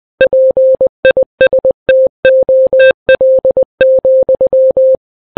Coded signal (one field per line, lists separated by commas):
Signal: Morse code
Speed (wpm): 20 wpm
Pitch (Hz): 520 Hz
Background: none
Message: PISTOL,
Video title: Setheun Vlogs - Morse Code